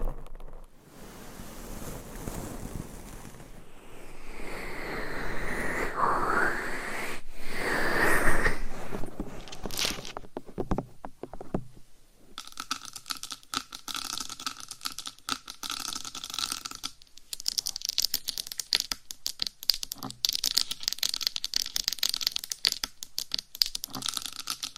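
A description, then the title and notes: Dry scratching and rubbing fill the first ten seconds in slow, swelling strokes. After a short pause comes a dense run of quick, crisp tapping and clicking that carries on to the end, with brief gaps near twelve and seventeen seconds. ASMR changes trigger points every 30 seconds Scratching, tapping, massaging, etc. No need to speak.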